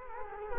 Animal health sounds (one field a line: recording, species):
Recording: mosquito wingbeat signal from an infrared sensor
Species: Culex quinquefasciatus